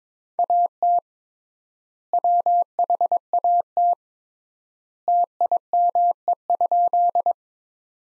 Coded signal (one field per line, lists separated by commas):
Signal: Morse code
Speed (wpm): 22 wpm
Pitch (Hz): 700 Hz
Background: none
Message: AT WHAT TIME?